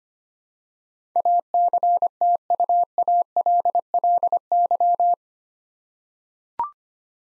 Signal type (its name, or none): Morse code